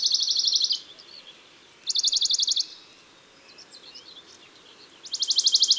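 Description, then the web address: Western Bonelli's warbler song: three rattling trills of fast, even notes, the first already underway at the start, with a few faint soft notes in between. Recorded in June. "Juin Le Pouillot de bonelli. album les-4-saisons-des-chants-doiseaux"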